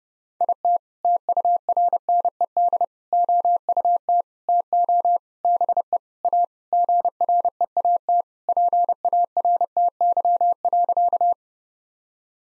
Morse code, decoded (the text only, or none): IT TURNED OUT TO BE A GREAT PARTY.